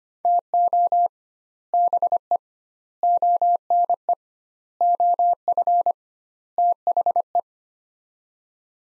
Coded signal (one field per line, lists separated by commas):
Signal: Morse code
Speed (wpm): 25 wpm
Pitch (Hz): 700 Hz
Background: none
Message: TO BE ONE OF THE